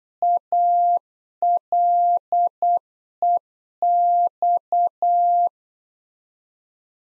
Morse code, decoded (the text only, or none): ALEX